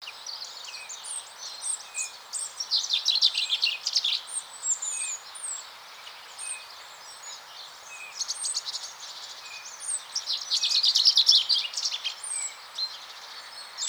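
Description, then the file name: Common chaffinch song: two dense, bright trilled phrases, set against a busy chorus of other birds chirping and twittering throughout. "Fringilla coelebs"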